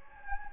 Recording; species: mosquito wingbeat signal from an infrared sensor; Anopheles gambiae